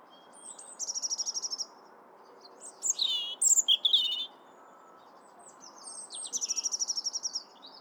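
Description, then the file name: European robin singing three phrases: a fast high trill, then a varied run of slurred whistles, then another rapid trill. "Erithacus rubecula"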